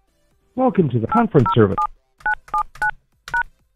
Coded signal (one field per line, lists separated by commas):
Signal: DTMF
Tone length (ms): 110 ms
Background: speech, music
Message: 807979#